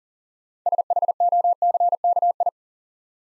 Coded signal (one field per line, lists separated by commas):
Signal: Morse code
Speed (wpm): 41 wpm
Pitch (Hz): 700 Hz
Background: none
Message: SHOCKI